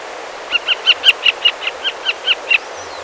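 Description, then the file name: Western marsh harrier calls: eleven quick, high, sharp yelps repeated evenly, then a brief thin whistle at the end. "barna retiheja hangja"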